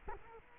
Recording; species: mosquito wingbeat signal from an infrared sensor; Culex quinquefasciatus